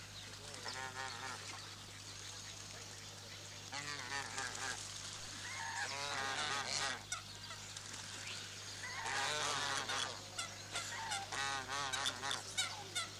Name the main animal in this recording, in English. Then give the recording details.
Swan Goose. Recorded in captivity. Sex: group. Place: Zoo Berlin, Berlin, DE. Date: 2006-09-21 12:20. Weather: sunny, 24°C. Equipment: Grundig CR 110, Sennheiser ME 80, Kopie Uher 4000 Report Monitor. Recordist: Tembrock, Günter. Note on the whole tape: Gruppe am Gitter: Laute (Futter vom Publikum). Netzbrummen